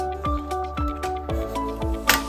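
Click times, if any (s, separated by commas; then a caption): 2.1 s. With the PC case laid down, a graphics card is pushed into the motherboard's PCI Express slot while music plays throughout. The slot latch gives a sharp click at 2.1 s, and the card is seated.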